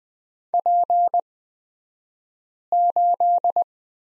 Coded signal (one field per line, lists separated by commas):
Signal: Morse code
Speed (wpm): 20 wpm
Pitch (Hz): 700 Hz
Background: none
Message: P8